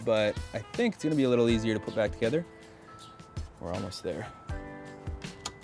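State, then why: Seated. A brake pad wear sensor wire is pressed back into its plastic retaining clip on the brake caliper/knuckle of an Audi while someone talks over background music. A sharp click at 5.5 s confirms the wire is seated in its holder.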